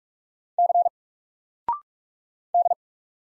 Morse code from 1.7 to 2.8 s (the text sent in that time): D